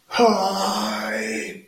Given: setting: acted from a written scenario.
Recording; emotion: vocal sound without words; pain